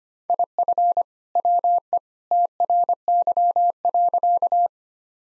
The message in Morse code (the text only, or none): IF WE TRY.